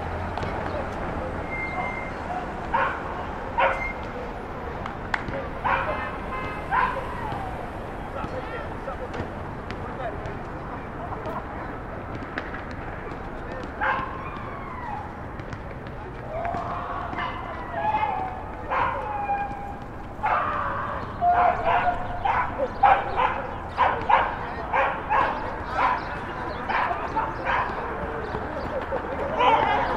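City ambience from a rooftop on Starr Street in Brooklyn, carried by a steady low hum of traffic. Voices and a barking dog break through in short bursts, sparse early on and growing busier and more frequent over the final ten seconds.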